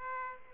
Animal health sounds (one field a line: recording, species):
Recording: mosquito wingbeat signal from an infrared sensor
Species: Aedes aegypti